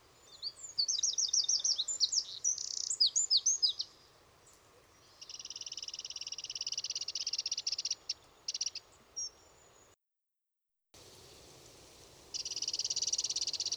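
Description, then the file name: Eurasian wren: high twittering notes, then a long buzzy rattle, a short gap of silence and another buzzy rattle near the end. "Troglodytes troglodytes"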